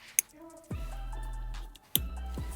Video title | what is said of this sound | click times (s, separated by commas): Tesla Model 3/Y Multifunctional Cybertruck Buttons | You heard the click again. | 0.2 s, 1.9 s